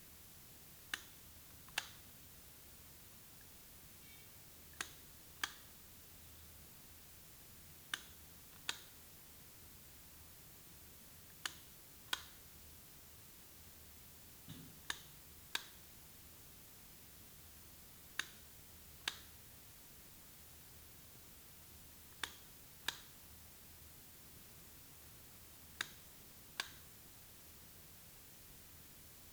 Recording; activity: daily activity, guitar pickup as the sensor; operate light